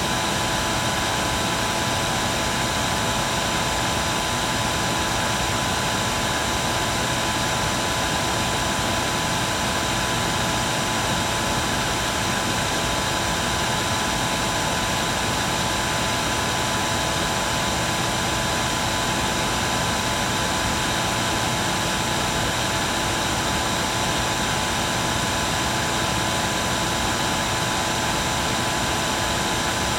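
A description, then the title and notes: A hoover drones on without pause, a steady, dense roar with a thin high whine held at one pitch throughout. Gentle Hoover Sound. High-quality, continuous Hoover sound.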